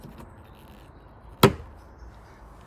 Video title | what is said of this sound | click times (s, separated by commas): Audi A4 Avant B8 Rear Cluster Light Bulbs Removal & Replacement (Indicator, Fog, Reverse) | And it clicks back in. | 1.4 s